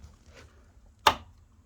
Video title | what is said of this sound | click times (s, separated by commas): DYU C3 Folding Electric Bike Assembly For Beginners | click in place and then look down here guys now this is what is called a locking tuab | 1.1 s